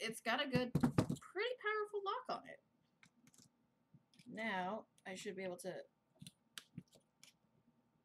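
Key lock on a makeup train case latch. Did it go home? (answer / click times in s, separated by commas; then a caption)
yes / 6.6 s. Someone talks while turning the small key lock on a makeup train case's latch. After the talking, soft clicks and ticks come from the lock. A sharp click at 6.6 s marks the lock clicking into place, so it is seated.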